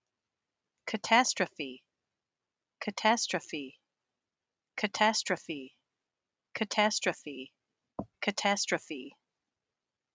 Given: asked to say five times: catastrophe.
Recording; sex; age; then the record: repeated word; female; 50 to 59 years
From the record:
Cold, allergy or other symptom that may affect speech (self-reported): no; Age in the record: 57 years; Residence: Michigan, United States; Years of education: 16